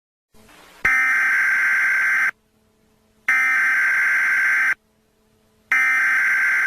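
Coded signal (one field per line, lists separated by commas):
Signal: Emergency Alert System (SAME) tones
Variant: header bursts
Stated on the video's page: Fictional EAS scenario.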